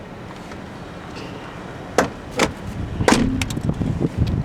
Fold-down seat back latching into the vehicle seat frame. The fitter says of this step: Hear it click.